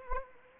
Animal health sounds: mosquito wingbeat signal from an infrared sensor; Anopheles arabiensis

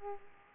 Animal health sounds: mosquito wingbeat signal from an infrared sensor; Aedes aegypti

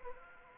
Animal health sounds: mosquito wingbeat signal from an infrared sensor; Anopheles arabiensis

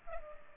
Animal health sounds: mosquito wingbeat signal from an infrared sensor; Culex pipiens

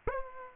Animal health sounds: mosquito wingbeat signal from an infrared sensor; Aedes aegypti

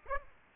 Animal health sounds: mosquito wingbeat signal from an infrared sensor; Aedes aegypti

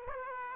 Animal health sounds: mosquito wingbeat signal from an infrared sensor; Aedes aegypti

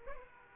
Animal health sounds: mosquito wingbeat signal from an infrared sensor; Aedes aegypti

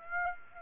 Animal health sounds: mosquito wingbeat signal from an infrared sensor; Aedes aegypti

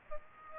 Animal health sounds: mosquito wingbeat signal from an infrared sensor; Aedes aegypti

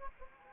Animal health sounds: mosquito wingbeat signal from an infrared sensor; Anopheles arabiensis

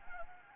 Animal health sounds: mosquito wingbeat signal from an infrared sensor; Anopheles gambiae

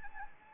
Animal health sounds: mosquito wingbeat signal from an infrared sensor; Anopheles gambiae

